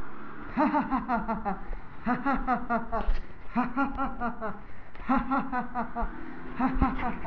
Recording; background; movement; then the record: laughter; traffic; walking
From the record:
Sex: male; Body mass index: 20.6 kg/m2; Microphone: on the chest, facing the body